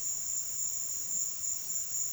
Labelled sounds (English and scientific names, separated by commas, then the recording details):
none
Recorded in pastures near Puerto Asís, Putumayo, Colombia, on 23 June 2025 at 14:00
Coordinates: 0.466, -76.322
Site GP07